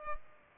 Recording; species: mosquito wingbeat signal from an infrared sensor; Culex pipiens